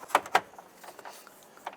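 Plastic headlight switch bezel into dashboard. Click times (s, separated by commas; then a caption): 0.2 s, 0.3 s. A plastic headlight switch bezel on a 2002-2008 Dodge Ram 1500 is pressed back into the dashboard, with the bottom portion snapping in first and then the upper portion. Two sharp plastic snaps are heard at about 0.2 s and 0.4 s, followed by quieter small ticks, including one near 1.7 s. The bezel is seated in the dash.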